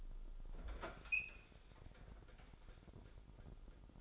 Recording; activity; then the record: daily activity, microphone in the room; open fridge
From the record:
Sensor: 5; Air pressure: 988.5 hPa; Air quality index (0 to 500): 219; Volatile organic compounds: 124 ppm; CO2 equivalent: 3898 ppm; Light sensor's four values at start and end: 41/127/49/53 and 42/126/50/53